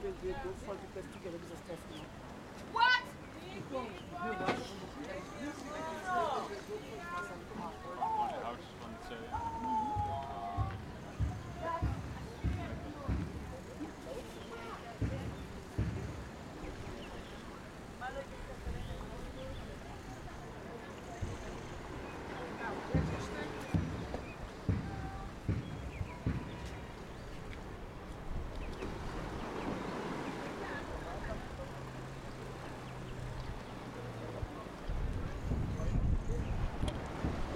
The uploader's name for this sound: Walking Around Willemstad Curacao